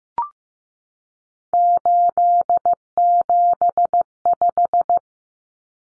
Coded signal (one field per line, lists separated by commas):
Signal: Morse code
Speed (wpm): 15 wpm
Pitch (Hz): 700 Hz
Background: none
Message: 875